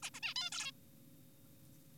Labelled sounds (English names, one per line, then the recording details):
Zebra Finch
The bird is an adult
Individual g4p5U